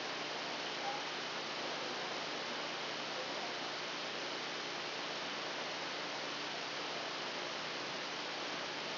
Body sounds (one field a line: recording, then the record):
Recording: brain microelectrode recording played as sound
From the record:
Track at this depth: outside the subthalamic nucleus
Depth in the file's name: 1.313 mm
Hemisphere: left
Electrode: 2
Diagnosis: Parkinson's disease